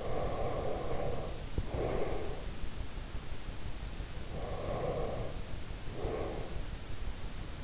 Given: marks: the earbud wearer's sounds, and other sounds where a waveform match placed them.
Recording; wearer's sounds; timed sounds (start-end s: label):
sounds in sleep by an in-ear microphone; breath
0.00-2.19 s: breath
4.42-6.48 s: breath